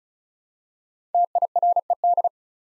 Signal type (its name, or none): Morse code